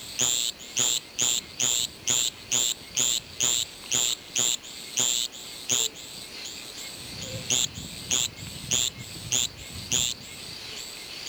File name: Litoria microbelos